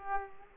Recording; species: mosquito wingbeat signal from an infrared sensor; Aedes aegypti